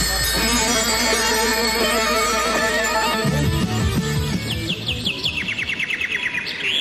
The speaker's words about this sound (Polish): Czyli lasu szum, ptaków śpiew. Tak, tak, wiem, bez szlagieru. Natura wystarczy.